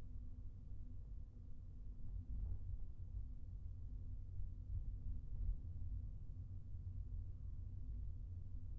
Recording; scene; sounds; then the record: everyday scene through a hearing-aid microphone; in a vehicle; engine, highway traffic jam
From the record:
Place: Skoda Fabia, gasoline engine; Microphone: behind the ear, right, front